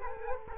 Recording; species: mosquito wingbeat signal from an infrared sensor; Culex quinquefasciatus